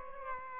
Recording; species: mosquito wingbeat signal from an infrared sensor; Aedes albopictus